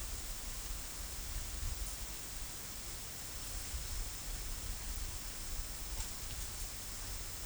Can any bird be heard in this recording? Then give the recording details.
no. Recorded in dense forest near Puerto Asís, Putumayo, Colombia, on 20 February 2024 at 13:00. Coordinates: 0.487, -76.319. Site G6403